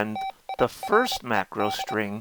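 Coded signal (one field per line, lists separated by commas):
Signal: Morse code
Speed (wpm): 25 wpm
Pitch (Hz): 770 Hz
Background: speech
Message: TIRED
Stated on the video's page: Morse sent from soft macros recorded and stored in EEPROM on the Mr. Rags macro keyer.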